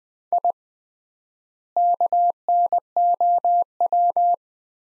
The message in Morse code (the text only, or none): I KNOW